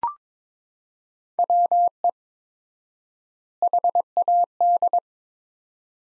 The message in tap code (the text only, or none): none